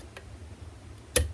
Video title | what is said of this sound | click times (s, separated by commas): New GreenteQ 1* Lock Picked and Gutted | set six and a nice little click there | 1.2 s